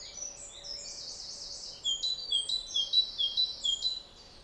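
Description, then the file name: Great tit calls: thin high notes and a hissy buzz, then a rapid even series of sharp ringing notes over soft background noise. "Parus major"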